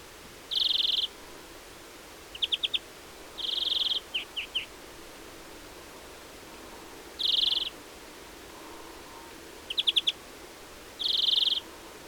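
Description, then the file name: European greenfinch calls: high, buzzy wheezing notes alternating with quick bursts of three or four dry ticking notes, spaced irregularly throughout. "Chloris chloris"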